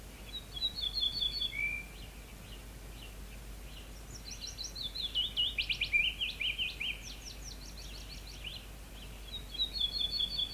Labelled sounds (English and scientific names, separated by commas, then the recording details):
Ortolan Bunting (Emberiza hortulana) song
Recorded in the wild
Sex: male
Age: adult
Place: Schloß Holte-Stukenbrock, Senne, Nordrhein-Westfalen, DE
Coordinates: 51.8664, 8.67306
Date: 1965
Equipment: Uher 4000 Report-S, Bändchenmikro Beyer M 260, Parabolspiegel Polyester (470 mm)
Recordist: Conrads, Klaus